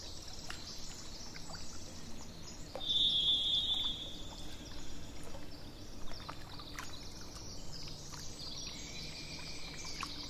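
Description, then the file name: Thrush giving a long, pure whistled note, with scattered faint chirps and a continuous low background noise. Recorded 27 April 2004, with truck noise in the background. "040427-thrushandtrucks"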